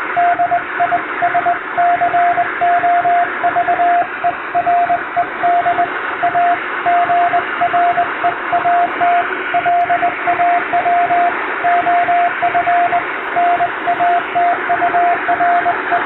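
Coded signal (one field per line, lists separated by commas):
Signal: Morse code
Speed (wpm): 21 wpm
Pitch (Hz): 700 Hz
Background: radio noise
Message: DISCOVERED A GREAT LAW OF NATURE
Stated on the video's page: Morse practice in English-language CW sent by hand on a vertical straight key, from a telegram practice book.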